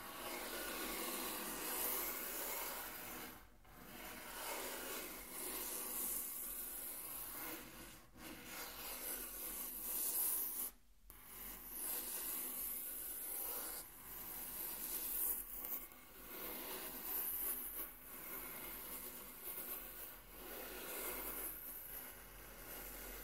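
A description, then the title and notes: Continuous scratchy tracing across a wooden table, dense and bright, with brief pauses near four, eight and eleven seconds. ASMR Intense Table Tracing (No Talking).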